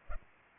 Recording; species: mosquito wingbeat signal from an infrared sensor; Culex pipiens